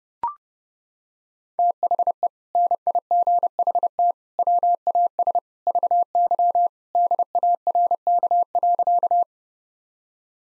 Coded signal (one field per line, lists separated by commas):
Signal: Morse code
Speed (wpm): 30 wpm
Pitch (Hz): 700 Hz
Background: none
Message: THE NIGHT WAS VY DARK.